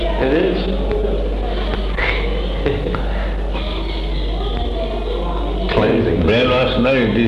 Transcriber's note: laughs